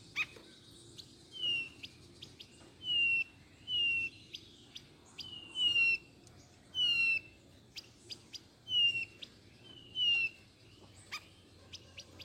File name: canto do gaturamo bandeira